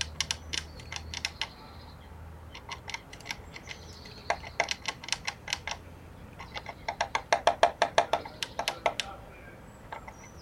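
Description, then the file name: Eurasian blue tit giving churring runs of rapid, dry clicking notes. "Cyanistes caeruleus"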